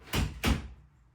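A cabinet drawer resting on extended drawer slides is pushed in past the stop until the slide catches engage, snapping onto the slides at 0.1 s. A second broadband burst follows around 0.4 s, and then the sound fades out. The drawer is seated on its slides.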